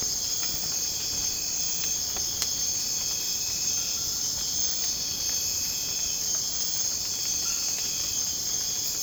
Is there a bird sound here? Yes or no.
no